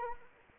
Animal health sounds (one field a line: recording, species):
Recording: mosquito wingbeat signal from an infrared sensor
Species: Anopheles arabiensis